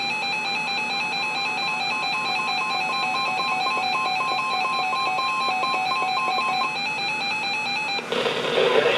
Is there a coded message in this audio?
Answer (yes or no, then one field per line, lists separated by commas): no